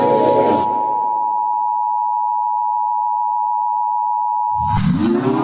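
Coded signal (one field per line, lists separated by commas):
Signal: Emergency Alert System (SAME) tones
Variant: 853 and 960 Hz attention tone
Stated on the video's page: Fictional EAS scenario, a simulated Halloween alert.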